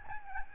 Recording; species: mosquito wingbeat signal from an infrared sensor; Aedes albopictus